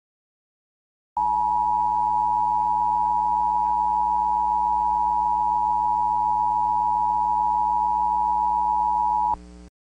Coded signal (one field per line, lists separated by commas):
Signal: Emergency Alert System (SAME) tones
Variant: 853 and 960 Hz attention tone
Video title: Cyrus The Vampire III: The Final Alert (An EAS Scenario)